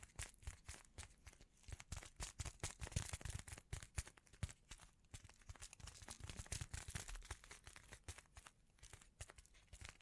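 Bling bling triggers: a dense stream of quick, bright clicks and crinkly rustles runs for the whole ten seconds, like glittery objects being handled and shuffled. The taps come irregularly but rapidly, busiest between about three and seven seconds, with soft low thumps underneath.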